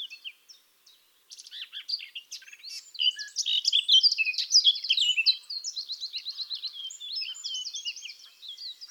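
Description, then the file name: Eurasian blackcap song: jumbled, twittering warble that becomes louder and denser, with rapid repeated chattering notes running on to the end. "Sylvia atricapilla"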